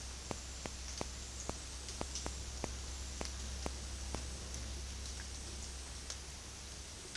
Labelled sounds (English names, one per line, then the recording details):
none
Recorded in dense forest near Puerto Asís, Putumayo, Colombia, on 20 February 2024 at 12:30
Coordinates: 0.503, -76.322
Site G6418